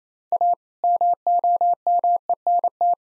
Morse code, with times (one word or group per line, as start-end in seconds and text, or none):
0.3-0.5 A
0.8-2.9 MOMENT